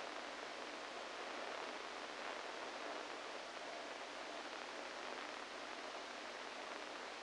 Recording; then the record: brain microelectrode recording played as sound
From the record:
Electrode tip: inside the subthalamic nucleus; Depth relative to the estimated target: 1 mm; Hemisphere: right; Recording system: NeuroSet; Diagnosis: Parkinson's disease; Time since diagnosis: 14 years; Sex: male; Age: 51 years